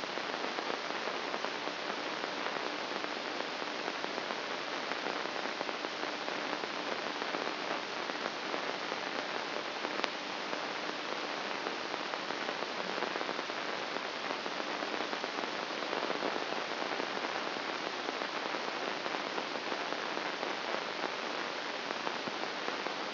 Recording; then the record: brain microelectrode recording played as sound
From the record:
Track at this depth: inside the subthalamic nucleus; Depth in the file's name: 8.137 mm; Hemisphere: left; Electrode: 2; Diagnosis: Parkinson's disease